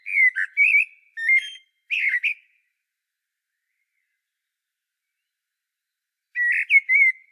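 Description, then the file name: Common blackbird giving several short, quick whistled phrases with twittery accents, a silent gap of about four seconds, then one more phrase. "Turdus merula"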